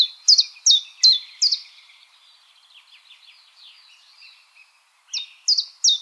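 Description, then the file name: Common chiffchaff song in two bursts of crisp descending notes, separated by a stretch of faint, lower twittering. "Golosa ptic - Penochka-tenkovka Phylloscopus collybita"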